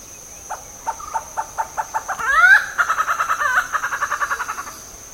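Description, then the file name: Malabar grey hornbill calls: a series of harsh clucking notes, a rising squealing note, then a rapid run of cackling notes around one pitch, with a steady high insect whine behind. "Ocyceros griseus - Malabar Grey Hornbill"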